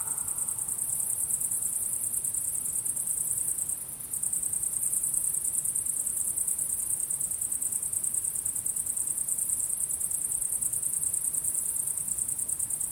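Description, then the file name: Crickets chirping in a dense, high-pitched chorus of rapid, steady pulses that runs without pause, apart from a brief dip near four seconds, over a faint low rumble. Crickets chirping at sunset. "syrsor solnedgang"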